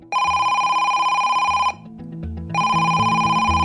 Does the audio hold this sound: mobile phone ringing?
yes